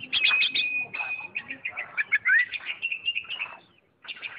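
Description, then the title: Oriental magpie-robin song: a dense run of quick chirps over a held, steady whistle, then a rising slurred note and a short pause before more chirping. "Kicau Kacer"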